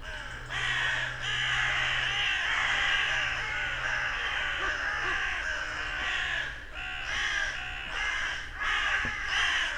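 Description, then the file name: Carrion crow cawing, hoarse repeated calls, with a steady low drone in the background for the first two-thirds. "Corvus corone"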